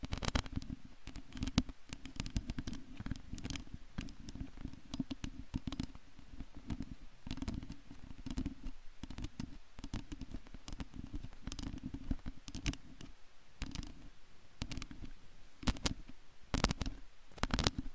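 Long nails scratch at a microphone without pause, a rough low scraping that stays dense for the whole stretch. Sharp bright clicks and taps cut in irregularly throughout, several close together, with louder bursts around the start and again near the end.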